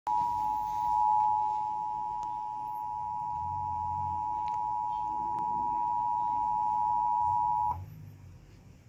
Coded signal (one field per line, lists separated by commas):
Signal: Emergency Alert System (SAME) tones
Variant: 853 and 960 Hz attention tone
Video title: Emergency Alert System Severe Thunderstorm Warning TV at Nashville TN